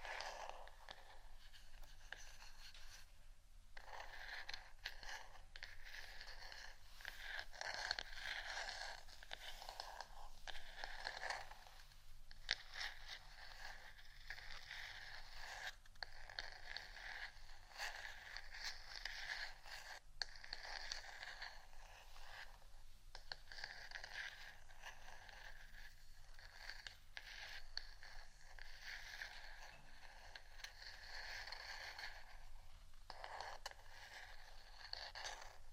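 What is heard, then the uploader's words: Continuous scratching runs throughout, a dense, rasping scrape that stays fairly level in loudness. The strokes are bright and gritty, with brief gaps and sharper accents scattered irregularly, notably around 4, 12, 20 and 33 seconds. A faint low hum sits underneath. ASMR Scratching Only（No Talking）.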